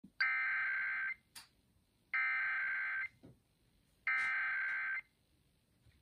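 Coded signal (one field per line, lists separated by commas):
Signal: Emergency Alert System (SAME) tones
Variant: header bursts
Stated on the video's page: Virginia statewide monthly EAS test on a broadcast station.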